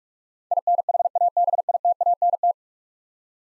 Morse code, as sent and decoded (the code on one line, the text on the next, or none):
.. -. .... .- -... .. - .- -. -
INHABITANT